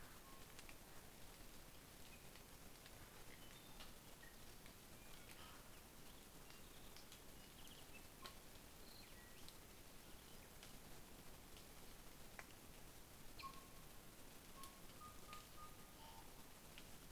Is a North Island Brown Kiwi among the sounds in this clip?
no